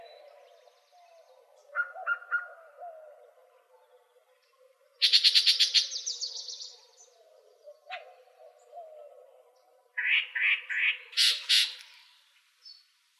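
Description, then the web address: Yellow-breasted Chat singing: a triple clipped note, a loud rapid rattle fading out, then a series of harsh chattering notes and sharp high chips, with faint low tones behind. Arizona Field Ornithologists sound library recording filed under other warblers; apparently recorded 24 April 2004. "Sound Library Other Warblers AZFO YBCH 042404"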